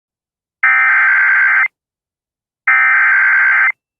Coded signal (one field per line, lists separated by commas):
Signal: Emergency Alert System (SAME) tones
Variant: header bursts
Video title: KS SVR EAS #619